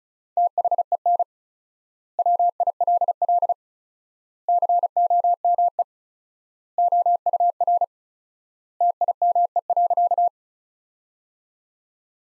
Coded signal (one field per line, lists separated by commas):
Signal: Morse code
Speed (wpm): 36 wpm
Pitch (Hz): 700 Hz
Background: none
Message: THEN WILL COME OUR TIME.